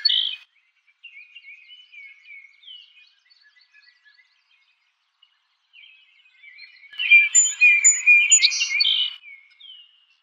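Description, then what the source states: Song Sparrow song: soft twittering notes, a quiet gap, then a loud burst of rapid chirps and buzzy trills. Recorded 4 January 2007.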